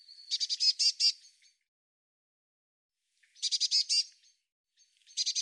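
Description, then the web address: Bird calls: repeated bursts of rapid, high, rattling notes, three phrases in quick succession with short pauses between. "cianscape birddata Deverinetal 2025 File cleaned normalized Bird Cy Ca"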